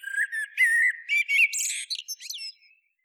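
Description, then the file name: Common blackbird with a few short, clear whistles followed by a squeaky twitter, fading out near the end. "Turdus merula"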